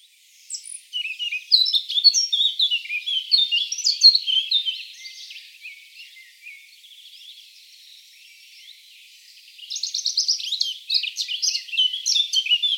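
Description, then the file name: Eurasian blackcap warbling in quick, varied high phrases, a quieter stretch mid-way, then a bright burst of notes again toward the end. "Sylvia atricapilla"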